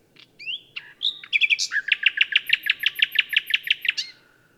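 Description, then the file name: Common nightingale song: a rising whistle and varied notes, then a long steady series of loud repeated chirps over low background hum. "Luscinia megarhynchos"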